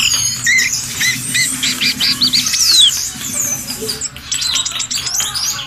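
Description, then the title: Bird song, repeated looping whistled notes and a long descending slur, followed by rapid scratchy twittering and sharp chips. "SuaraBurung Kicau9"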